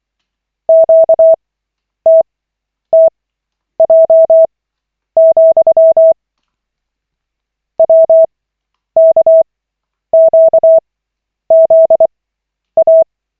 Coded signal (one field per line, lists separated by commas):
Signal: Morse code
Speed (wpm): 24 wpm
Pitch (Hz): 650 Hz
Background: none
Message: QTTJ, WKQZA